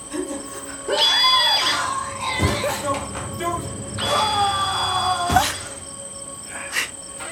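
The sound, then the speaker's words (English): Two long, wavering high-pitched screams, each lasting a second or more, rise over a steady background of shrill insect chirping, with a few short sharp knocks between them. “I heard the screams.”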